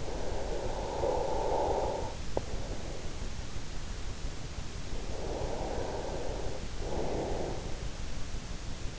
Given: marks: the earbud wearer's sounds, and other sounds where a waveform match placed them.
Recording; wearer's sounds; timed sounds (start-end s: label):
sounds in sleep by an in-ear microphone; breath
0.00-2.56 s: breath
5.11-7.92 s: breath